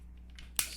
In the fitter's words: so you can hear it pop in place so it's flush now it's not sticking out we